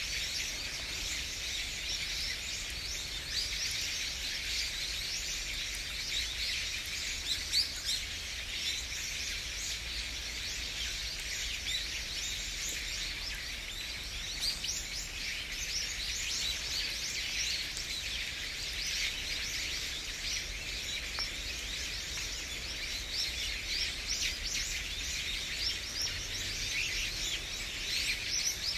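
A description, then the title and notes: Birds chirp and call continuously, their high, bright voices blending into a dense, steady chorus with no single singer standing out. The level stays even throughout, with a faint low rumble underneath and no distinct events. A recording of birds in Usuki, Japan, on repeat.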